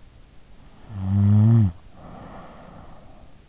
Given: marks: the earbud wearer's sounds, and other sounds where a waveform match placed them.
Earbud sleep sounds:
sounds in sleep by an in-ear microphone; snoring breath
0.60-3.23 s: snoring breath

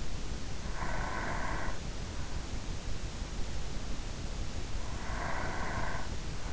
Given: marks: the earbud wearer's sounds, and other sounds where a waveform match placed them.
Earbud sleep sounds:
sounds in sleep by an in-ear microphone; breath
0.48-1.99 s: breath
3.89-6.29 s: breath

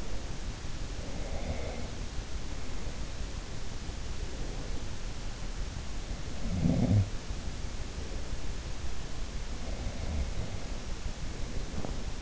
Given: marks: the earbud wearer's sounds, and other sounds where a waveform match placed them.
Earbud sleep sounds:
sounds in sleep by an in-ear microphone; breath
0.00-2.74 s: breath
6.00-8.40 s: sound from someone else or the room
9.48-12.22 s: breath

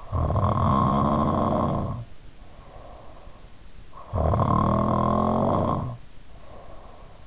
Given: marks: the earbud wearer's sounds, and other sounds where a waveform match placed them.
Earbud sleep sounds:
sounds in sleep by an in-ear microphone; snoring breath
0.08-3.45 s: snoring breath
3.91-7.27 s: snoring breath

